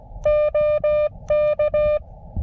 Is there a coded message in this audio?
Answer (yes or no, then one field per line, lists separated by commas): yes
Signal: Morse code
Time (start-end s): 0.3-2.0 s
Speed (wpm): 16 wpm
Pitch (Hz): 600 Hz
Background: music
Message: OK